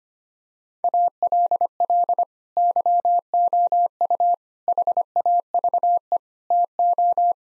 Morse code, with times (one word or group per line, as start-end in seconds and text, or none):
0.8-2.2 ALL
2.6-4.3 YOU
4.7-6.2 HAVE
6.5-7.3 TO